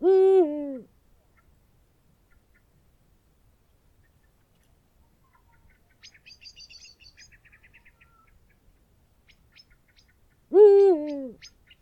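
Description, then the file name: Eurasian eagle-owl hoot, low and slightly falling, followed by a small bird's brief twittering song, then another eagle-owl hoot about ten seconds later. "uhu bagoly hangja"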